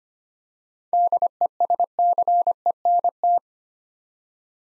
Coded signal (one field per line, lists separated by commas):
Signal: Morse code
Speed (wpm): 25 wpm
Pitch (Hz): 700 Hz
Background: none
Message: DESCENT